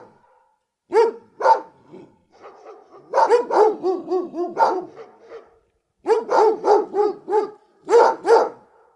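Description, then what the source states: Dog barks in bursts: a pair of heavy woofs, a rapid rolling series of barks, a pause, then another quick volley of loud barks. Big dogs barking, recorded close.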